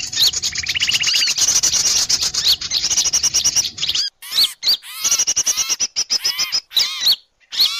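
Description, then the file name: Bird calls: dense high chirps and fast trills with sweeping upslurred whistles, abrupt gaps near the end. Bird lure call. "pikat-1000-burung"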